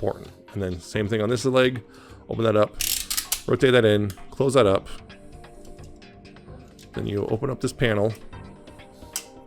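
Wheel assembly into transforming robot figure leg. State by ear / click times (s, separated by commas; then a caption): seated / 9.2 s. Someone talks over background music while rotating the plastic wheel assembly forward on the leg of a Transformers MPG-14 God Bomber transforming robot figure, with soft handling ticks in the pauses. A single sharp click at 9.2 s marks the wheels seating into place.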